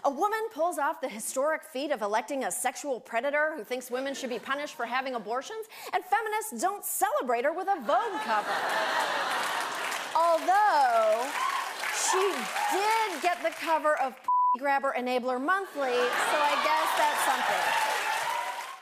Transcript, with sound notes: A woman pulls off the historic feat of electing a sexual predator who thinks women should be punished for having abortions, and feminists don't celebrate her with a Vogue cover.
(LAUGHTER)
Although, she did get the cover of [expletive] Grabber Enabler Monthly, so I guess that's something.